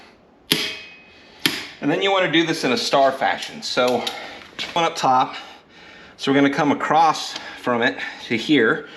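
A click-type torque wrench is pulled again on a wheel lug nut during a tire rotation on a Jeep Gladiator, clicking sharply at 0.5 s and again at 1.5 s as it reaches torque on the recheck. Afterward, someone talks.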